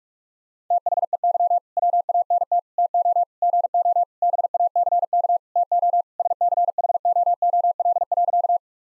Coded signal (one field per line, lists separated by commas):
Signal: Morse code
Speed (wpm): 46 wpm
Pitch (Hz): 700 Hz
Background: none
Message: THEY WANT TO GO BACK TO SCHOOL.